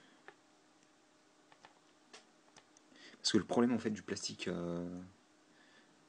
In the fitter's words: c'est une autre chose qui me fait peur je sens bien là le petit clic tout fragile et tout ce